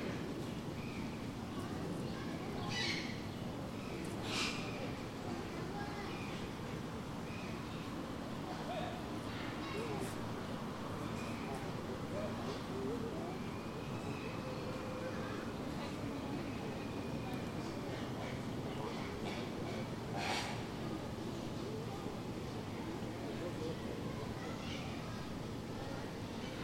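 General zoo atmosphere at Burgers' Zoo, Arnhem: a steady low murmur of crowd voices, with brief bright clatters and knocks near 3, 4, 10 and 20 seconds.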